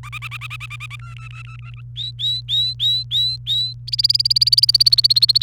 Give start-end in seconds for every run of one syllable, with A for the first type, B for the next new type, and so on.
0.03-0.96 A, 1.00-1.81 B, 1.96-3.73 C, 3.87-5.43 D